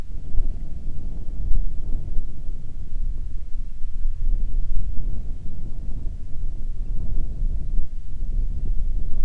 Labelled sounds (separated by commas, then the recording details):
songbird, grouse or ptarmigan, wind
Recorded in the Arctic National Wildlife Refuge, Alaska, on 1 June 2019 at 19:39
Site 37